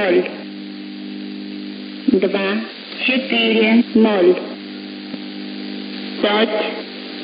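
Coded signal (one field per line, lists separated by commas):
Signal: numbers station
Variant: S06s, Russian female voice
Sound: a woman's voice reads about five short words with pauses, over steady hum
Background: radio hum and static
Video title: 03 02 2022 Number station S06s Russian Lady in Russian to Eu 0940 on 9540 unknown tx site in CUSB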